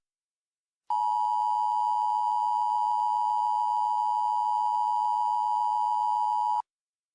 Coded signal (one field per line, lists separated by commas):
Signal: Emergency Alert System (SAME) tones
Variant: 853 and 960 Hz attention tone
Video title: EAS Mock 3: Containment Failure